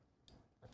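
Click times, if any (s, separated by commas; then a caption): none. A 3D printed plastic locking piece is handled against an animatronic assembly holding an up-and-down motion mechanism, with a short, sharp high tick at 0.3 s and a duller, lower knock around 0.6 s. Nothing has seated or clicked into place yet.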